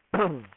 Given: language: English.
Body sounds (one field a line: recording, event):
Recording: throat vibration sensor signal played as sound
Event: throat clearing